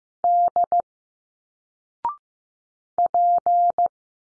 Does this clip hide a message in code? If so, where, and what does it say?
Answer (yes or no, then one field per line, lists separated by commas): yes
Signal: Morse code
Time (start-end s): 0.2-3.9 s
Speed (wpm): 15 wpm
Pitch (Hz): 700 Hz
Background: none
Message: D P